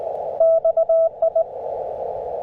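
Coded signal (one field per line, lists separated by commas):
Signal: Morse code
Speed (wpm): 19 wpm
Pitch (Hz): 660 Hz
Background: radio noise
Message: XI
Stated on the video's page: QRP CW Parks on the Air activation with a CFT1 CW-only transceiver, Packtenna random wire antenna and MFJ manual tuner.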